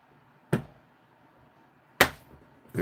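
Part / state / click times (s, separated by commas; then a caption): watch case back pressed onto the watch case / seated / 2.0 s. A watch case back is pressed evenly onto a watch case with a watch press. A softer sharp knock comes at 0.5 s, then a loud, sharp snap at 2.0 s, and another noise rises at the very end. The case back snaps on and is seated.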